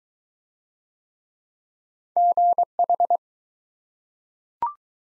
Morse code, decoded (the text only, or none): GH